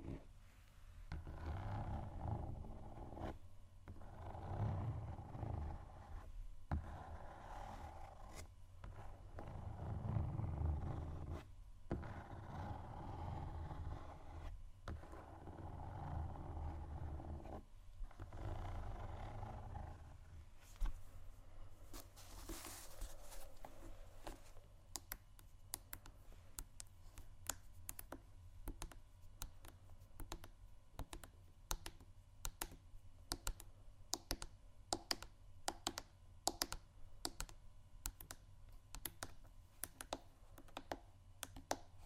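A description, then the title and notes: Shoes scratch against a hard floor for the first twenty seconds in long, gritty, low scrapes, broken by short pauses every few seconds. After that, quick sharp taps take over, dense and irregular like rapid clicking heel-and-toe strikes, continuing to the end. ASMR Shoes Scratching & Tapping（No Talking）.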